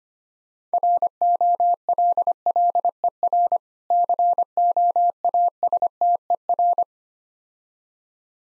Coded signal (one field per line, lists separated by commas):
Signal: Morse code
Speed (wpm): 25 wpm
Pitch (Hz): 700 Hz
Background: none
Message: ROLLER COASTER